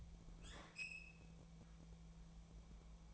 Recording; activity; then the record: daily activity, microphone in the room; open fridge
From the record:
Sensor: 1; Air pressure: 1000.0 hPa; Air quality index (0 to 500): 136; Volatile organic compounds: 2 ppm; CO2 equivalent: 1279 ppm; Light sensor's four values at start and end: 34/86/36/44 and 34/86/36/44